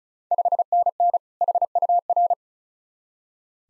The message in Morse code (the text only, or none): 5NN HUR